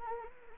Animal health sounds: mosquito wingbeat signal from an infrared sensor; Anopheles arabiensis

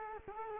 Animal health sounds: mosquito wingbeat signal from an infrared sensor; Culex quinquefasciatus

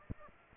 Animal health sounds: mosquito wingbeat signal from an infrared sensor; Aedes aegypti

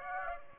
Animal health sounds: mosquito wingbeat signal from an infrared sensor; Aedes aegypti

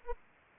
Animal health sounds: mosquito wingbeat signal from an infrared sensor; Aedes aegypti

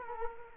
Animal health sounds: mosquito wingbeat signal from an infrared sensor; Culex quinquefasciatus

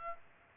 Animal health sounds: mosquito wingbeat signal from an infrared sensor; Aedes aegypti

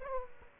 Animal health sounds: mosquito wingbeat signal from an infrared sensor; Aedes aegypti

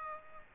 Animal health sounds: mosquito wingbeat signal from an infrared sensor; Aedes aegypti

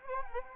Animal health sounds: mosquito wingbeat signal from an infrared sensor; Anopheles arabiensis

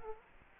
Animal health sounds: mosquito wingbeat signal from an infrared sensor; Culex quinquefasciatus

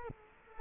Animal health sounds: mosquito wingbeat signal from an infrared sensor; Culex quinquefasciatus

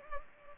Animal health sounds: mosquito wingbeat signal from an infrared sensor; Culex pipiens

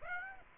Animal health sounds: mosquito wingbeat signal from an infrared sensor; Aedes aegypti

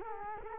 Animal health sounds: mosquito wingbeat signal from an infrared sensor; Culex quinquefasciatus

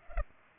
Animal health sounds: mosquito wingbeat signal from an infrared sensor; Culex pipiens

